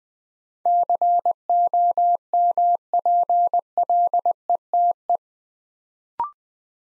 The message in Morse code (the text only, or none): COMPLETE